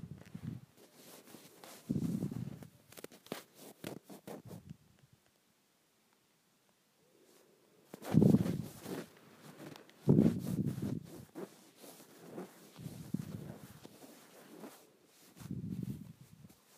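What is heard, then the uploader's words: Scratching at a shirt: bursts of dry, rustling friction with a low, muffled thump beneath. The rubbing comes in short flurries from the start to about 4.5 seconds, stops for a quiet gap, then resumes more strongly around 8 seconds and continues in uneven bouts to the end. Scratching my Shirt.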